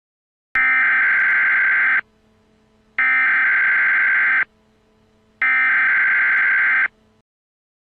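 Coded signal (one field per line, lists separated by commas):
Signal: Emergency Alert System (SAME) tones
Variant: header bursts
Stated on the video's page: Fictional scenario alert about sun activity.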